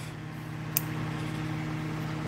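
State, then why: Seated. A small wire connector is pushed into the socket of a hobby LED light on a second try. A single sharp click at 0.8 s marks it popping in and seating, over a steady low hum.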